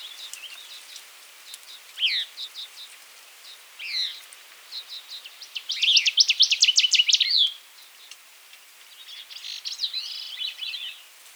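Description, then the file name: Northern waterthrush singing: scattered sharp chips, then a dense burst of quick, emphatic high notes, and a fainter run after a pause, over steady background noise. "Northern Waterthrush - Parkesia noveboracensis"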